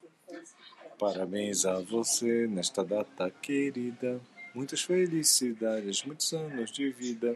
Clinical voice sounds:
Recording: short text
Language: Brazilian Portuguese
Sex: male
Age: 40 to 49 years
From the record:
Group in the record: control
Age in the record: 48 years

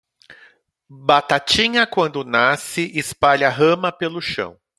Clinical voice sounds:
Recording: short text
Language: Brazilian Portuguese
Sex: male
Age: 50 to 59 years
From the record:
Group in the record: control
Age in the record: 51 years

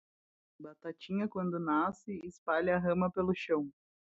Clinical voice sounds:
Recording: short text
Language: Brazilian Portuguese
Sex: female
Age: 30 to 39 years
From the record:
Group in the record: control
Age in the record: 33 years

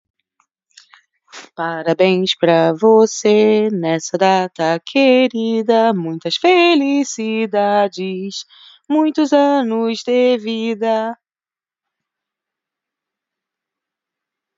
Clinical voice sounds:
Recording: short text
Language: Brazilian Portuguese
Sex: female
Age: 30 to 39 years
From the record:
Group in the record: control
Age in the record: 30 years

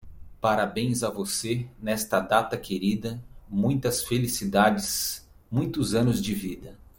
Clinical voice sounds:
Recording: short text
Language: Brazilian Portuguese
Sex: male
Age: 40 to 49 years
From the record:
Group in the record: control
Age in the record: 44 years

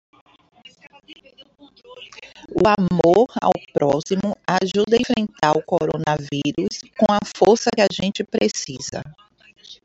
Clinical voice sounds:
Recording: spoken sentence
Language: Brazilian Portuguese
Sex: female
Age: 40 to 49 years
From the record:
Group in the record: control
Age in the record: 42 years

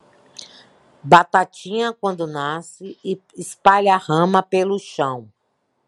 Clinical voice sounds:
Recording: short text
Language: Brazilian Portuguese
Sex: female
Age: 50 to 59 years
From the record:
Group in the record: control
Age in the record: 58 years

